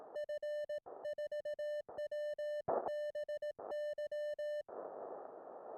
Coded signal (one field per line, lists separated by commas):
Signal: Morse code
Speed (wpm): 18 wpm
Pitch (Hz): 1800 Hz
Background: music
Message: F4WBY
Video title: My Audio & Video Gear + How I Record HAM Radio in the Field.